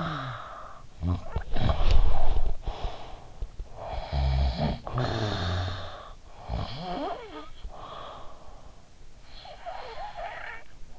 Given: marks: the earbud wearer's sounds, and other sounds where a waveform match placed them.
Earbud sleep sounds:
sounds in sleep by an in-ear microphone; snoring breath
0.00-10.99 s: snoring breath

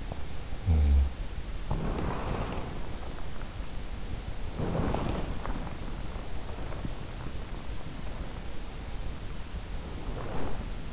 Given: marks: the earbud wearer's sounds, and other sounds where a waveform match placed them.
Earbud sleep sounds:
sounds in sleep by an in-ear microphone; body movement
0.35-1.27 s: sound from someone else or the room
1.59-3.14 s: body movement
4.34-10.93 s: body movement

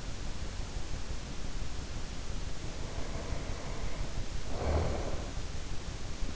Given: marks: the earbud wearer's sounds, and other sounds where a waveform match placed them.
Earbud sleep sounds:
sounds in sleep by an in-ear microphone; breath
2.38-5.31 s: breath

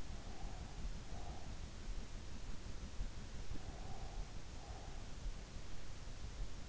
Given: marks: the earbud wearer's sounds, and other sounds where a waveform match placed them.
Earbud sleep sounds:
sounds in sleep by an in-ear microphone; breath
0.05-1.60 s: breath
3.35-5.20 s: breath

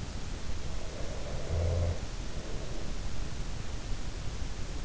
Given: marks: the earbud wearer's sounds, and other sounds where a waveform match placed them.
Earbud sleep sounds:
sounds in sleep by an in-ear microphone; snoring breath
0.88-3.67 s: snoring breath

